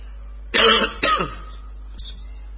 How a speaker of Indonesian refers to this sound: Baru setengah jam udah batuk-batuk.